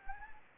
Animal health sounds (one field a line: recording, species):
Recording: mosquito wingbeat signal from an infrared sensor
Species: Anopheles gambiae